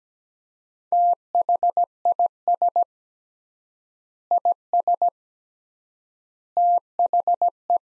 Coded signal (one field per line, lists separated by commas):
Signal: Morse code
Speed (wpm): 17 wpm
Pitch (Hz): 700 Hz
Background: none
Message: THIS IS THE